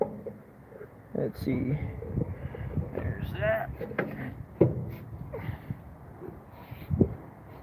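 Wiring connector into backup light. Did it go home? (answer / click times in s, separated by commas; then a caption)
partly / 4.6 s. Someone talks while pushing a plastic wiring connector into a backup light on a dump truck, with a sharp click at 4.6 s. The push does not fully seat the connector, leaving it only partly in.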